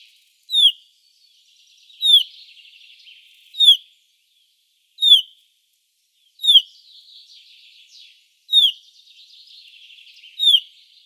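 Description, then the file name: Common chaffinch calls: sharp, bright downslurred 'pink' notes repeated about every one and a half to two seconds, with soft twittering of other small birds between them. "Fringilla coelebs"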